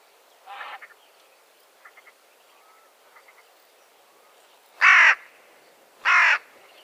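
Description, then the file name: Carrion crow calling: a softer caw first, then two loud raucous caws near the end. "Corvus corone"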